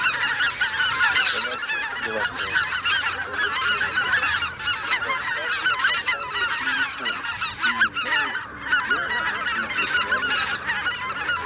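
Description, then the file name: Greater white-fronted goose flock calling, a dense continuous chorus of overlapping high, yelping honks from many birds throughout, with no pause. Flock chatter ('bazaar') of greater white-fronted geese, recorded for an electronic hunting lure. "Белолобый базар"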